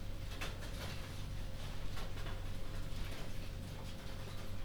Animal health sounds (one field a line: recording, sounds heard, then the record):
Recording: poultry house recording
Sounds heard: no chicken sound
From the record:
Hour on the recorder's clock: 22